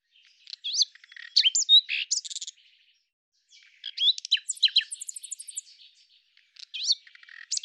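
Common nightingale song in rich varied phrases of sharp chirps, slurred whistles and rattling notes, with a pause before a phrase holding a higher series of repeated notes, then another phrase.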